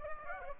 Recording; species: mosquito wingbeat signal from an infrared sensor; Aedes aegypti